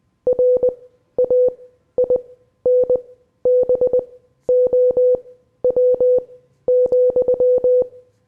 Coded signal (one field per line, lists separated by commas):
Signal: Morse code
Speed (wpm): 20 wpm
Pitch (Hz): 500 Hz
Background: none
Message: RAINBOW,